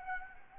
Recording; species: mosquito wingbeat signal from an infrared sensor; Anopheles gambiae